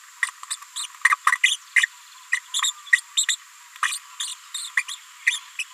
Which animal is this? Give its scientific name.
Forpus passerinus